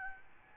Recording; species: mosquito wingbeat signal from an infrared sensor; Aedes albopictus